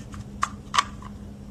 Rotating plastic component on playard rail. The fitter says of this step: pushing it down into place and it'll snap into place there we go so